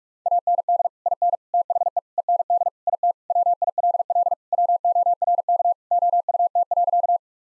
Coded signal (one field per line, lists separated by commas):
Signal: Morse code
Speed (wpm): 46 wpm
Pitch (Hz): 700 Hz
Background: none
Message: AND IN THE END IT WILL WORK OUT.